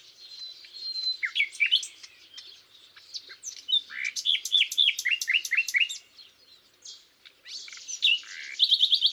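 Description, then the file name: Common nightingale song: varied whistles and chuckles, a series of loud repeated descending notes, then a rapid repeated trill at the end. "Luscinia megarhynchos"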